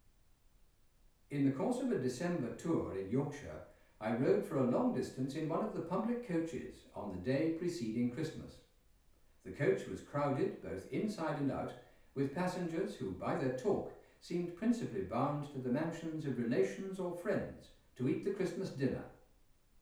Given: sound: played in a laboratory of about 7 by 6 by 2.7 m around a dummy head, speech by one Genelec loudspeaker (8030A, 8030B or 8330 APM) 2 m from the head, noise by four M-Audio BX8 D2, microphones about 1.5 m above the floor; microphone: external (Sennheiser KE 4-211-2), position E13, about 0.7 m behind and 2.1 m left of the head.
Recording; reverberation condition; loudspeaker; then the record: male speech in English; medium; in front (0 degrees)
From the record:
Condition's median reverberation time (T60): about 510 ms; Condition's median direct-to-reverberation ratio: about -0.5 dB